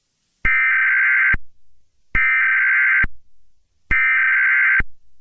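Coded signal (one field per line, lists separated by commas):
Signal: Emergency Alert System (SAME) tones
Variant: header bursts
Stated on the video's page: Fictional mega-disaster alert scenario.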